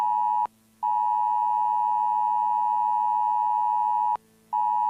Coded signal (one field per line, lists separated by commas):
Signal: Emergency Alert System (SAME) tones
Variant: 853 and 960 Hz attention tone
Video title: BBC Eas scenario | Earthquake (1980)